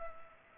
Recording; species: mosquito wingbeat signal from an infrared sensor; Culex pipiens